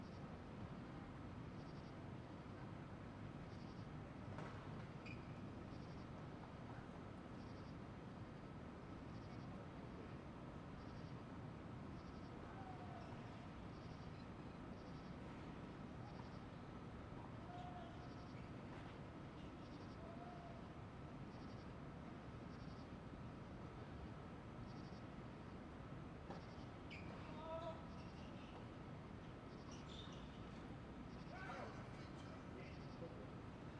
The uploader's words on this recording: Night time tennis match. Late at night there's a tennis match. The crickets chirp, trains passby in the disance, people quietly chat, two tennis players compete.